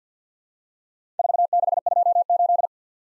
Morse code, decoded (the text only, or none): 4628